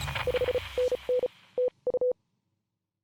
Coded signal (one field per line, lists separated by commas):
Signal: Morse code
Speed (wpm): 35 wpm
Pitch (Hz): 500 Hz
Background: none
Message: 5NN TU